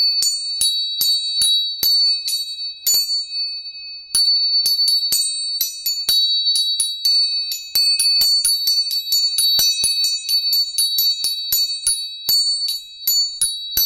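Three tuning forks are struck again and again, each sharp metallic tap leaving a high, steady ring that hangs in the air. The strikes come irregularly, sparse at first and crowding together after the midpoint, with the bright tones sustaining underneath throughout.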